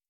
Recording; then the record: hydrophone in a shrimp aquaculture tank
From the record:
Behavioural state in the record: starved